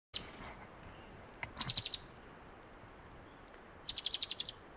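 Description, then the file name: Great tit calls: two quick bursts of six to eight sharp, high repeated notes, with thin very high whistles between them. "Parus major"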